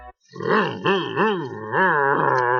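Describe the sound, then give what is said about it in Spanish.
A voice imitates a car engine, a throaty hum that revs up and down in pitch about four times before holding a steady drone, fairly loud and with no other sounds. “No, no, no, abuelo. Los coches suenan así.”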